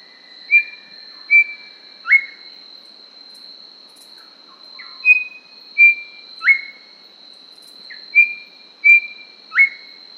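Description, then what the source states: Grey Whistler whistled phrases: two level clear notes then a sharply rising slurred note, repeated three times over ten seconds, with a steady high tone throughout. Papua New Guinea.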